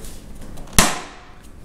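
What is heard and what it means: The other cleat of a snowboard boot is pushed into a Burton Step On step-in binding with a modified release lever. After quiet low rumbling, a single loud, sharp click rings out at 0.8 s and fades quickly. The second cleat locks in and the boot is seated.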